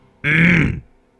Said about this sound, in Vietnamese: Vừa lúc ấy, ở nhà trên có tiếng của lão Bá Khiêm ho lên sọc sọc.